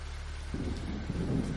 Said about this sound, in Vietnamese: Ngay sau đó cơn mưa rào đổ xuống. Thời tiết mùa này thất thường, lúc mưa lúc nắng, chẳng biết thế nào mà lần. Cơn mưa to kèm theo sấm chớp giật đùng đùng, chẳng có lẽ mây đen tích tụ cả đêm đến giờ mới đổ mưa như là chút.